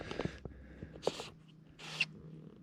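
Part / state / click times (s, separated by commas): threaded fitting on a bicycle / not seated / none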